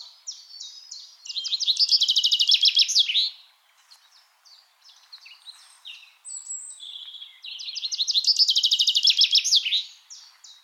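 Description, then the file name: Common chaffinch song repeated twice: fast descending trills ending in flourishes, with softer scattered chirps in the pause between. "Fringilla coelebs"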